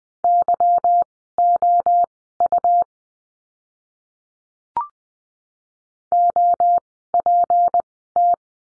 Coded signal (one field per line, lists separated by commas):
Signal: Morse code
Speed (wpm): 20 wpm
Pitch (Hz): 700 Hz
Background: none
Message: YOU OPT